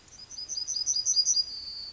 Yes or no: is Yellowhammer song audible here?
yes